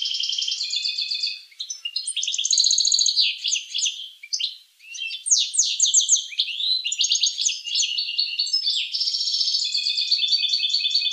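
Finch song, a fast stream of high trills and buzzy repeated notes, with a short pause near two seconds and another near five, continuing steadily to the end.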